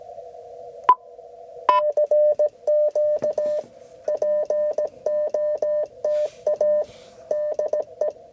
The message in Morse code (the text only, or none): FQ POTA DE